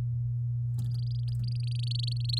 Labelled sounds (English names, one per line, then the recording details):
Domestic Canary song
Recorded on 8 May 2018 at 05:59
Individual llb16